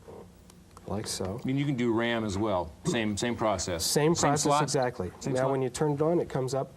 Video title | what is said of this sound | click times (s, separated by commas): Computer Chronicles S08E05 Palmtop Computers | locks into place like | 0.5 s